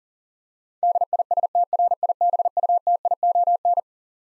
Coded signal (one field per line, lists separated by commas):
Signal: Morse code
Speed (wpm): 40 wpm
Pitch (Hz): 700 Hz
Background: none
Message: DISTRIBUTION